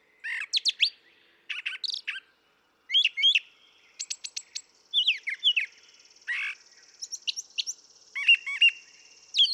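Brown thrasher song, a lively string of varied paired phrases mixing clear slurs and harsh notes, with a faint steady high hum behind.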